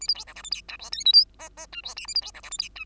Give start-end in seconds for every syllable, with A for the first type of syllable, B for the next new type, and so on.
0.01-0.07 A, 0.08-0.14 B, 0.14-0.25 C, 0.27-0.34 D, 0.35-0.42 E, 0.43-0.50 F, 0.51-0.62 G, 0.68-0.77 H, 0.79-0.90 I, 0.92-1.04 J, 1.05-1.13 K, 1.13-1.25 L, 1.39-1.49 M, 1.57-1.66 M, 1.72-1.82 H, 1.83-1.95 I, 1.96-2.07 N, 2.07-2.15 A, 2.15-2.21 B, 2.21-2.31 C, 2.34-2.42 D, 2.43-2.50 E, 2.51-2.58 F, 2.58-2.69 G, 2.75-2.85 H